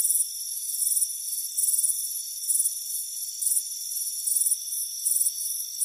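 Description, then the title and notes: Crickets chirping in repeated high, pulsed bursts over a steady high-pitched ringing chorus; no other sounds. Crickets chirping on a warm afternoon at a front porch. "Soothing Crickets Chirping Sound. It's a warm afternoon as you relax in a hammock on the front porch. Relax and fall asleep to the soothing sound of chirping crickets"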